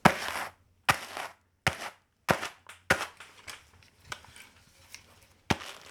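Washed raw wool, still holding some suint and a little stuck together, being combed with large combs like dog combs before spinning: about nine sharp, raspy strokes at an uneven pace, each a quick snap trailing into a brushy hiss, with a faint low hum beneath and no voices.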